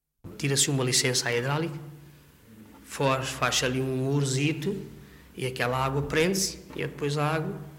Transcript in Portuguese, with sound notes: Tira-se uma licença à hidráulica. [pausa] Faz Faz-se ali um murozito e aquela água prende-se e depois a água